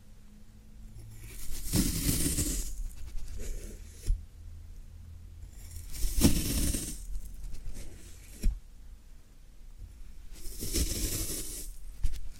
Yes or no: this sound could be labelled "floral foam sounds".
yes